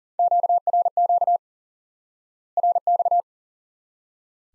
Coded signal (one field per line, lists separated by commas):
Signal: Morse code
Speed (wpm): 40 wpm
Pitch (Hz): 700 Hz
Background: none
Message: QRQ RX